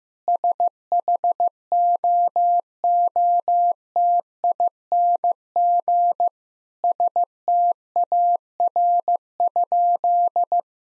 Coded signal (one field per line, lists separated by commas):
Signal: Morse code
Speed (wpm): 15 wpm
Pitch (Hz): 700 Hz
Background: none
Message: SHOOTING STAR?